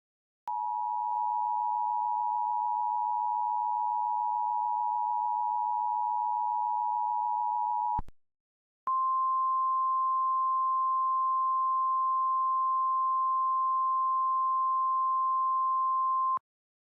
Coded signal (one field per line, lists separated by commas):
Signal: Emergency Alert System (SAME) tones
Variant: 853 and 960 Hz attention tone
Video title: A question for my viewers, *EAS, High Wind Warning*